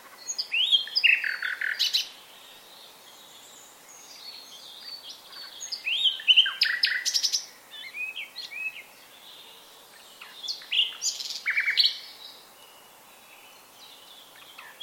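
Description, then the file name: Common nightingale singing in bursts of varied high phrases, sharp chirps, rapid trills and whistled notes, separated by short pauses, over a soft background hiss. "Luscinia megarhynchos"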